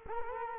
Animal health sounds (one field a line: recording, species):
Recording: mosquito wingbeat signal from an infrared sensor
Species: Culex quinquefasciatus